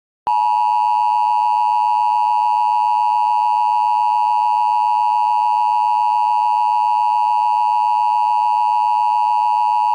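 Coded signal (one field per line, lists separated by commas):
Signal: Emergency Alert System (SAME) tones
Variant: 853 and 960 Hz attention tone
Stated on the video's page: Fictional scenario alert.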